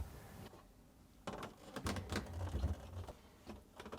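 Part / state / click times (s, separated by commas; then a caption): refrigerator top control panel into fridge compartment retainers / not seated / none. The three retaining tabs on the back of a plastic top control panel are fitted into the retainers on a Whirlpool refrigerator's fridge compartment, during replacement of water filter switch part W11384469. After a quiet first second, plastic rubs, scrapes and light knocks start at about 1.3 s, with heavier low thumps between roughly 1.9 and 2.7 s, then fade to a few soft taps. Nothing has seated or clicked yet; the panel has not been pressed up to lock.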